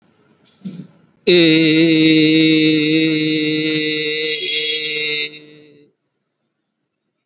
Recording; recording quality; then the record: sustained vowel as in made; excellent, no background noise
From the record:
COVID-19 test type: RT-PCR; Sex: male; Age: 29 years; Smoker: no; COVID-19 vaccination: both doses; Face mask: worn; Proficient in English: yes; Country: India